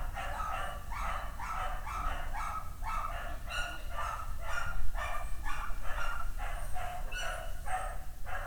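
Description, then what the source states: Dogs barking in a steady run of barks over low background noise. Dogs barking on the Escalera Morrison stairway in Valparaíso; recorded with a Tascam DR-100mk II.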